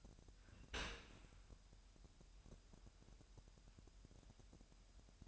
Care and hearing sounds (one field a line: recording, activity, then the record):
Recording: daily activity, microphone in the room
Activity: open dishwasher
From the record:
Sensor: 2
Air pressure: 998.1 hPa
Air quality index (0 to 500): 146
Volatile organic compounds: 4 ppm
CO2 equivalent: 1658 ppm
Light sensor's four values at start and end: 10/29/12/11 and 10/29/12/11